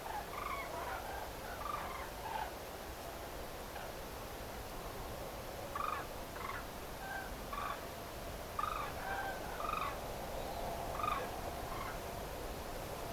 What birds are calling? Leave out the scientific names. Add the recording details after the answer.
Common Crane. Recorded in France